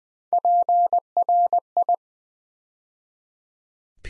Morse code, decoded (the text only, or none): PRI